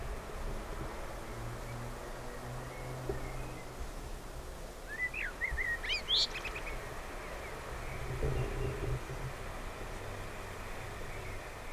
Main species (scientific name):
Turdus merula